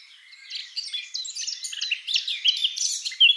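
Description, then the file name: Eurasian blackcap song: a rapid, varied warble of scratchy and sweet notes that grows louder toward the end, with a bright whistled note at the close. "Sylvia atricapilla"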